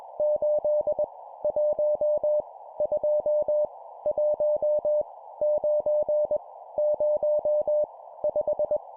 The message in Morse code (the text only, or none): 8 1 2 1 9 0 5